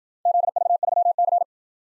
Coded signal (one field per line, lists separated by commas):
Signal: Morse code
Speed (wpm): 53 wpm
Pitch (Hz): 700 Hz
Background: none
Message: ZV3C